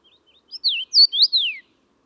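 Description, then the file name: Common rosefinch singing one brief whistled phrase of slurred, swooping notes, the last falling downward, in otherwise quiet surroundings. "Rosenfink"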